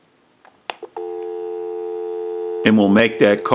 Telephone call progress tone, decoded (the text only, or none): dial tone